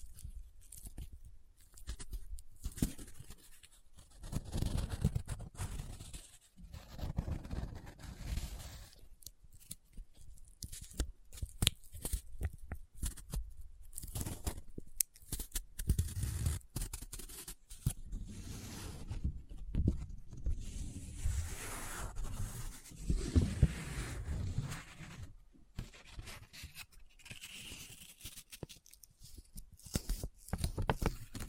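Close-up paper being handled, folded, rubbed and crinkled in an irregular stream of short rustles and scrapes. Busy, dense bursts come and go with brief silent gaps between them, mostly low and dry, with occasional sharper, brighter crackles and tearing-like strokes.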